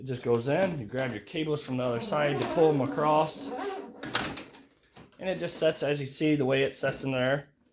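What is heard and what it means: Someone talks while a new throttle and choke cable control unit is slid into its opening in the plastic dash of a 2008 John Deere LA145 22hp riding lawn mower, with the cables pulled across from the other side. Brief handling knocks and scrapes sound around 4.0 to 4.8 seconds. Nothing has snapped or seated yet.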